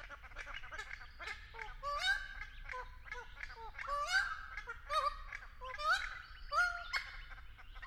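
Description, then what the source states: Friarbird calling, loud raucous harmonic notes in uneven clusters, some dipping then rising. In an Angophora tree.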